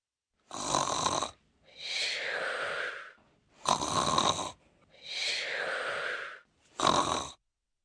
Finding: Snore Multiple.